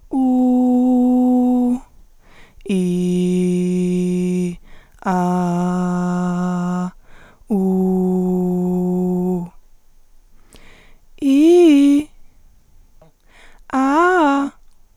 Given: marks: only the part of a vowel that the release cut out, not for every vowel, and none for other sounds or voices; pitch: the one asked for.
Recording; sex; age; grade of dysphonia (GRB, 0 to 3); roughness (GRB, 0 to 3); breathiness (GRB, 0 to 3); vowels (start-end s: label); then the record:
sustained vowels; female; 20 to 29 years; 0; 0; 0
0.42-1.35 s: vowel /u/, high pitch
3.01-4.25 s: vowel /i/, low pitch
5.32-6.48 s: vowel /a/, low pitch
7.72-9.23 s: vowel /u/, low pitch
11.33-11.95 s: vowel /i/, low-high-low pitch
13.83-14.36 s: vowel /a/, low-high-low pitch
From the record:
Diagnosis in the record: healthy voice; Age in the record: 24 years